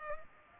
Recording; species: mosquito wingbeat signal from an infrared sensor; Culex pipiens